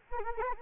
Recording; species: mosquito wingbeat signal from an infrared sensor; Anopheles arabiensis